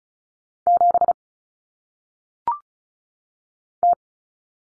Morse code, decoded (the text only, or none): 7 T